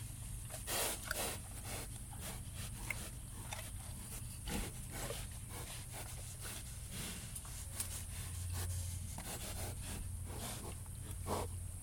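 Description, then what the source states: Pig grunting and snorting, low rough pulses throughout with sharper louder bursts scattered irregularly over twelve seconds. Pigs grunting in a sty.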